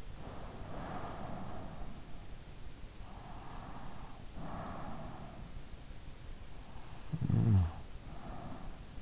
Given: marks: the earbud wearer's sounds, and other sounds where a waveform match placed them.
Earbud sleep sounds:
sounds in sleep by an in-ear microphone; breath, snoring breath
0.00-1.99 s: breath
3.13-5.53 s: breath
6.91-8.89 s: snoring breath

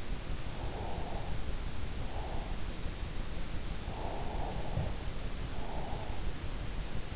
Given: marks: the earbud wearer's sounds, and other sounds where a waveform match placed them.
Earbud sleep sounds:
sounds in sleep by an in-ear microphone; breath
0.70-2.50 s: breath
3.99-6.11 s: breath

